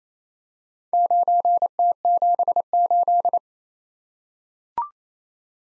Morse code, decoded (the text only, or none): 9T78